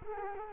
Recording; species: mosquito wingbeat signal from an infrared sensor; Culex quinquefasciatus